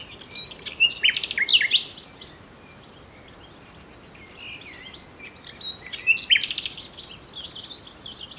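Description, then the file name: Common nightingale singing two bursts of rich, jumbled chirps and sharp whistled notes, separated by a few seconds of quiet background noise. "Luscinia megarhynchos"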